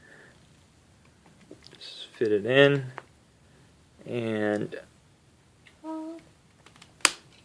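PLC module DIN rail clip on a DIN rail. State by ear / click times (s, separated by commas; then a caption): released / 7.0 s. A DIN rail clip on a PLC expansion module is pulled to release the module from a metal DIN rail while someone talks. A single sharp click sounds at 7.1 s, showing the latch has opened and the module has disengaged from the rail.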